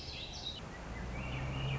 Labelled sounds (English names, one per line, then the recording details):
Swainson's Thrush
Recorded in Sonoma County, California